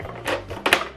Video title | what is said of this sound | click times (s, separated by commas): How to Replace or Change Ink Cartridges In HP Deskjet 3762, 3772, 3755, 3700 Series Printer | You hear a click sound. | 0.7 s